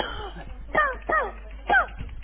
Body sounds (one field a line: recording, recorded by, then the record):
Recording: voluntary cough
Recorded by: telephone call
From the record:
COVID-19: positive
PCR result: checked with the laboratory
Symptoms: yes